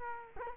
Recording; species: mosquito wingbeat signal from an infrared sensor; Culex quinquefasciatus